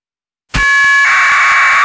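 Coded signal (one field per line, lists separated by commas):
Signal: packet radio (AX.25, as in APRS)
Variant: 1200 baud AFSK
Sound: short harsh warbling data burst, steady buzzy start then raspy chatter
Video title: SDRuno with SDRplay RSP2 - APRS Decoding with SoundModem and UI-View32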